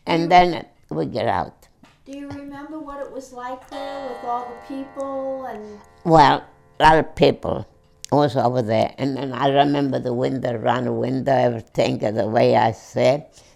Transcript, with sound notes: And then we get out.
Do you remember what it was like for you ( a clock chimes ) with all the people and...
Well, a lot of people was over there, and I remember the window, around the window thing, the way I said.